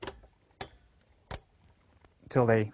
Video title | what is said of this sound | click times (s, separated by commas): Build A PC Repair and Upgrading12 | lock into place and then take a look around make sure that all of them look the same and that they're all fully seated | 0.6 s, 1.3 s